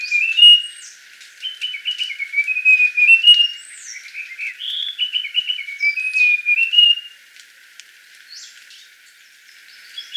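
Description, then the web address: Russet-crowned warbler song: quick chattering runs of high notes, with thin slurred whistles higher up, then a quieter stretch. Recorded in Ecuador. "Natures Songs S America Birds of Ecuador. Russet-Crowned Warbler"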